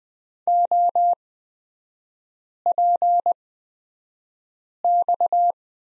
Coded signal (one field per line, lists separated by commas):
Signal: Morse code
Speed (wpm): 20 wpm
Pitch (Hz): 700 Hz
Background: none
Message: OPX